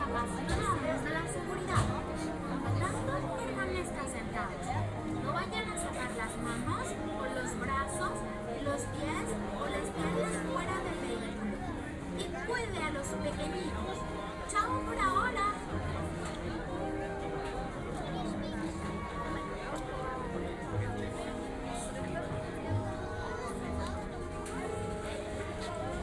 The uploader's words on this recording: Saturday at Disneyland Resort - Part 2 of 3. This audio adventure series, recorded live at disneyland resort contains lunch, a few rides and a LOT of the Disney sound experience.